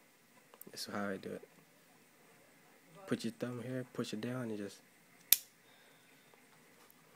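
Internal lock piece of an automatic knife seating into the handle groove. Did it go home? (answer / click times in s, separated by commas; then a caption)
yes / 5.3 s. While reassembling an automatic out-the-front knife, someone talks as the internal lock piece is pressed down with a thumb into a small groove cut inside the handle. A single sharp click at 5.3 s marks the lock piece seating in the groove.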